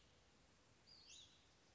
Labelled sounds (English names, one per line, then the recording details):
Western Flycatcher
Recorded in Sonoma County, California